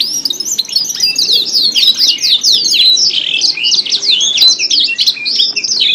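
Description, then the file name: Canary song of quick rolling chirps and swept whistles, steady and busy across the whole stretch, with some faint lower background noise. Canary contest simulation recording, with tutor-style fill-in (isian) songs mixed in. "audio simulasi lomba kenari isian. omkicau"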